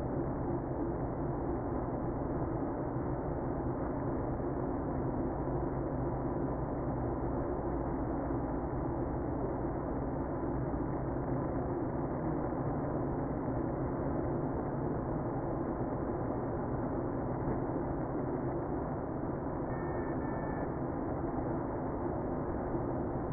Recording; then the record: honeybee colony, microphone inside the hive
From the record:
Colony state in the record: queenless (queen removed); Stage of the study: after two queens were removed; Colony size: about 60,000 bees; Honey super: yes